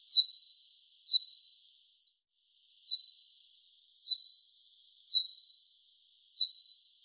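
Common chaffinch giving high, clipped falling notes, each with a fading tail, repeated roughly every second, one of them short and faint.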